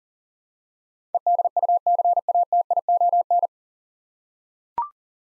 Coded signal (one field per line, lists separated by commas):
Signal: Morse code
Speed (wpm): 40 wpm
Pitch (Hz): 700 Hz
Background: none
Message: EDUCATION